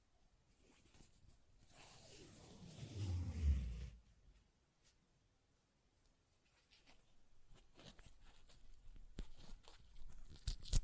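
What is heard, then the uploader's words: Paper tears in a long rough rip swelling from about two to four seconds, then quieter crinkling and sharp crackles build toward the end. ASMR Paper Ripping Tearing Sounds (No Talking).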